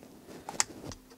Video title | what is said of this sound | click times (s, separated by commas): HP Pavilion 24 All In One How to Replace Hard Drive Remove Back Panel PC 24-XA0057c | once we have a new hard drive who can go ahead and plug it back in snaps | 0.6 s